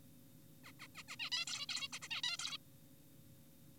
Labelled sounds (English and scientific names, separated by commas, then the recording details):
Zebra Finch (Taeniopygia guttata)
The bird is an adult
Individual g4p5U